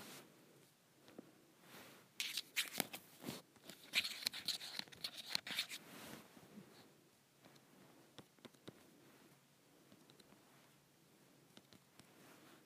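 A shirt hanger scratches in bursts, loudest and harshest between two and six seconds, then fading to lighter, scattered scrapes.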